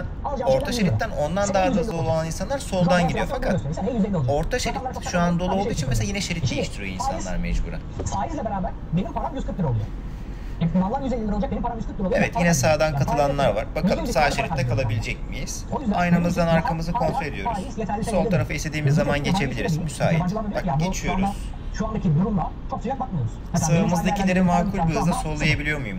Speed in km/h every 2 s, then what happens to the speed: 82, 81, 81, 81, 81, 81, 81, 81, 80, 79, 77, 76, 76.
0-26 steady at about 81.